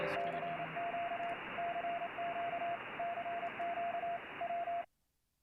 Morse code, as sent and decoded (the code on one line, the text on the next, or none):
-.-. --.- / -.-. --.- / -.-. --.- / .--
CQ CQ CQ W